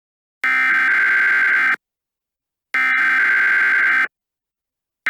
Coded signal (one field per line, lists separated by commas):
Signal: Emergency Alert System (SAME) tones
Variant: header bursts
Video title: (1.3K Subscribers Special) EAS Scenario #6: The Fastbots